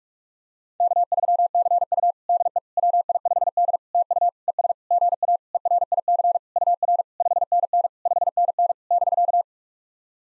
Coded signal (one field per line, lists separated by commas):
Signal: Morse code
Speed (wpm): 47 wpm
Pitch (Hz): 700 Hz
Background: none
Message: K3CU DE WI5D TU ES GA ERIC UR 5NN 5NN <BK>